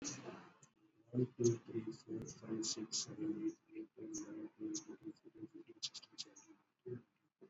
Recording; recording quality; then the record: counting at a normal pace; excellent, no background noise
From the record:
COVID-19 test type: RT-PCR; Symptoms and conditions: cough, cold, fever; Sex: male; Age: 53 years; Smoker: no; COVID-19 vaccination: both doses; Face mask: worn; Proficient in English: yes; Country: India